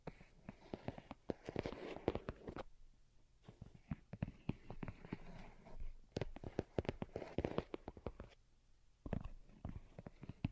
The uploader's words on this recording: Most Delicate and Calming Tapping. (No Talking).